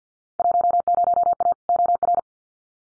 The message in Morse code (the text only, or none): 10A OR